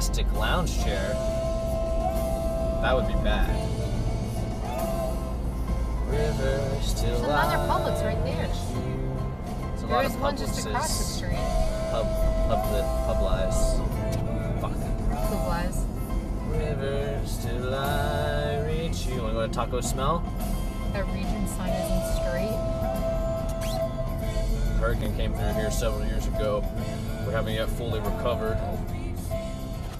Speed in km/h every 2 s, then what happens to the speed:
44, 53, 55, 56, 55, 53, 55, 45, 37, 34, 31, 29, 32, 26, 11.
0-3 speeds up to 55. 3-12 steady at about 55. 12-21 slows to 29. 25-30 brakes to 11.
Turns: none.